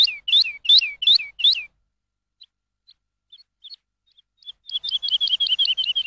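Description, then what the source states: Lark song with five loud whistled chirps, a stretch of soft scattered notes, and then a fast, even series of chirps. Lark song used for training songbirds.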